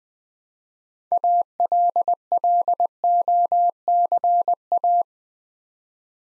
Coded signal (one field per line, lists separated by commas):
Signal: Morse code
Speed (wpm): 21 wpm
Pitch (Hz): 700 Hz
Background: none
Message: ALLOCA